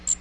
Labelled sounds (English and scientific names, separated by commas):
Magnolia Warbler (Setophaga magnolia) flight call